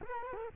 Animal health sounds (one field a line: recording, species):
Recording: mosquito wingbeat signal from an infrared sensor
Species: Culex quinquefasciatus